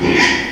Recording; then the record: squeal of a Yucatan mini pig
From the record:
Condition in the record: after surgery on the right vocal fold (resection and tissue-engineered implant); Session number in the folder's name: 2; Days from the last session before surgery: 13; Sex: male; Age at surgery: 12 weeks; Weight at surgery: 13 kg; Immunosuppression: cyclosporine, prednisolone